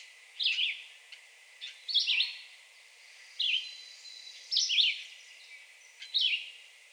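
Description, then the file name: Red-eyed Vireo singing short slurred whistled phrases at a steady pace with pauses between, over soft background noise. Recorded 2 June 2020. "2020-06-02 Red-eyed Vireo"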